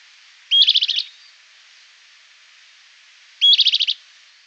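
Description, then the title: Bran-colored flycatcher call, a short high note leading into a quick rattling series of pulses, given twice roughly three seconds apart. "LuckyPassaro Completos2Sama. Bran-colored Flycatcher (Myiophobus fasciatus)"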